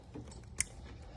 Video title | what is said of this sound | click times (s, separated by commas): Toyota Tacoma Raptor Grille Lights with DRL Harness Installation | So once that both clicked, the next thing to do is plug this directly into the grill lights themselves. | 0.6 s